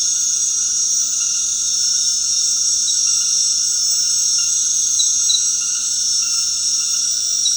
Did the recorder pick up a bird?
no